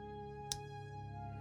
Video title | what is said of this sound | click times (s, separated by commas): Hot Wheels Star Wars Starships Select #13 Resistance X-Wing Review | that locks it in place and this is not going anywhere | 0.5 s